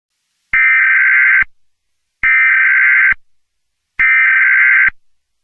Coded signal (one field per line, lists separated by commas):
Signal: Emergency Alert System (SAME) tones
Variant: header bursts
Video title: Alien Invasion Part 2: An Alien Invasion EAS Scenario